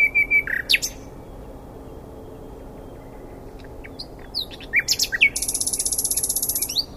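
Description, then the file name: Common nightingale song: a few short notes, a pause, then sharp varied notes ending in a fast trill of repeated notes. "Luscinia megarhynchos"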